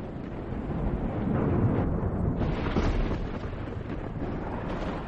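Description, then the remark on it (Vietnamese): A thunderous blast of rolling, low rumbling noise that swells and stays loud and dense for several seconds, like a crack of thunder and lightning, with no voices. “Tên tu sĩ này không kịp chạy trốn, trong tiếng sấm sét kêu lên một tiếng rồi tan xác.”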